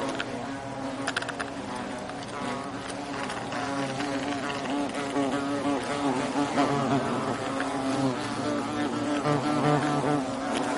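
European hornet wing buzz, a continuous low drone with several wavering overlapping tones, fairly even in loudness throughout.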